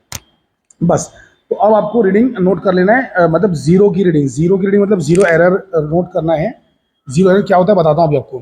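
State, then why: Torque reached. A screw gauge is closed by turning the ratchet knob on its thimble until the spindle meets the anvil, and the ratchet slips with a sharp click at 0.2 s when it reaches its limiting force, at which point turning stops. Someone then talks for the rest of the clip.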